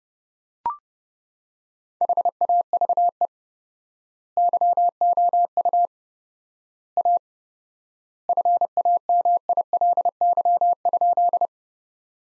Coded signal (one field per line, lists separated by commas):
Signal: Morse code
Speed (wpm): 32 wpm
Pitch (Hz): 700 Hz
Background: none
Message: HAVE YOU A FAMILY?